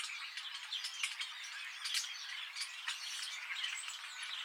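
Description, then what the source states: Starling chattering as a flock, a dense continuous mix of harsh squawks, clicks and short high chirps overlapping throughout with no pauses. Several starlings.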